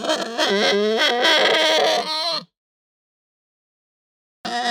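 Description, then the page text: Pig uttering a drawn-out, wavering, rasping squeal for over two seconds, then silence before another squeal begins at the end. Hampshire breed pig; squeal described as raspy, fluctuating and long. "Hampshire Pig Squeal Raspy Fluctuate Long. Quick Sounds"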